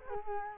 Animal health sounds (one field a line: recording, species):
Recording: mosquito wingbeat signal from an infrared sensor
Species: Culex quinquefasciatus